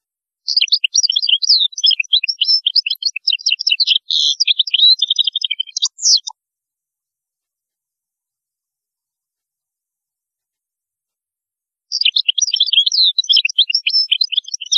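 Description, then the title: European goldfinch song: a long, fast jumble of tinkling, twittering notes and buzzy trills for about six seconds, a silent gap, then another rapid twittering phrase begins. "Chant Chardonneret"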